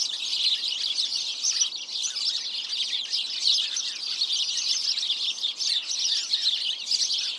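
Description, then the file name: House sparrows chirping, a dense, unbroken chorus of overlapping bright chirps that runs through the whole stretch. "Passer domesticus"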